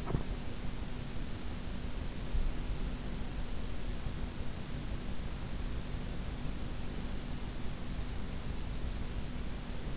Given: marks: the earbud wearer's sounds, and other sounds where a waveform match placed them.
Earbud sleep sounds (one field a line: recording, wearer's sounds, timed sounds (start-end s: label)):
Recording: sounds in sleep by an in-ear microphone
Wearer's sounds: teeth grinding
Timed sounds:
0.00-0.28 s: teeth grinding